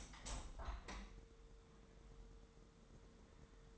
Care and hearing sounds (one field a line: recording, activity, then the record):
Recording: daily activity, microphone in the room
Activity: open window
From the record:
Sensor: 3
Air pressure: 999.8 hPa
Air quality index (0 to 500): 224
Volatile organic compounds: 92 ppm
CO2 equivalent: 3699 ppm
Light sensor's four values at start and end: 9/22/9/9 and 10/24/10/9